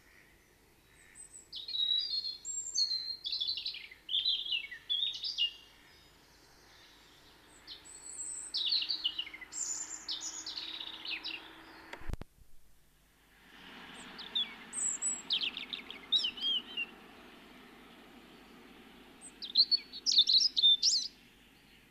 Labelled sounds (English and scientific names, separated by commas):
European Robin (Erithacus rubecula) song